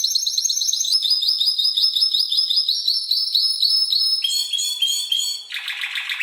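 Canary singing a fast high trill of repeated notes for several seconds, then changing to a different rolling trill and ending on a lower buzzy rattle.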